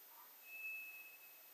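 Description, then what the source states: White's thrush: a single thin, monotone whistle held nearly a second, quiet hiss behind. Recorded 2 July 2007.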